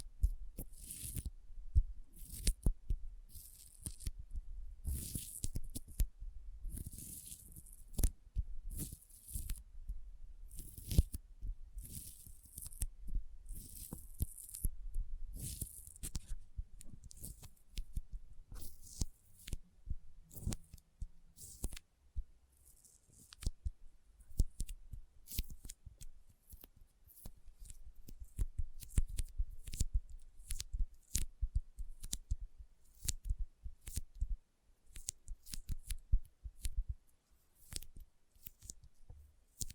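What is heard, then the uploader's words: Sticky finger sounds, a busy run of short tacky snaps and peels as skin pulls away from a gummy surface. The clicks are crisp and bright with soft low thumps, coming densely for the first half and then in looser, irregular bursts. ASMR Intense Sticky Finger Sounds (No Talking).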